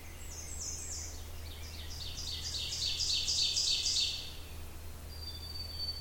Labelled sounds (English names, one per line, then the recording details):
Ovenbird song
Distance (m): 35 m
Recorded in boreal forest in Alberta, Canada, on 27 June 2016 at 07:56
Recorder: SongMeter 3, array SBT-6-79
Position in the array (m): 50 m, 130 m
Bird 40